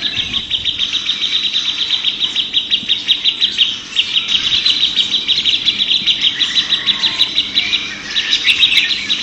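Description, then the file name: Grey-cheeked bulbul song, a dense, rapid, buzzy chatter held high and almost unbroken, with short pauses near four and eight seconds. Simulated songbird contest recording featuring a trio of birds. "audio simulasi lomba cucak jenggot trio omkicau"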